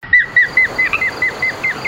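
Purple martin chirping in a quick, steady series of short, bright notes.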